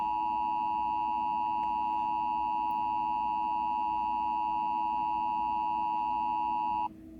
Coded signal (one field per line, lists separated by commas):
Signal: Emergency Alert System (SAME) tones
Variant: 853 and 960 Hz attention tone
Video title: EAS MOCK: AMBER ALERT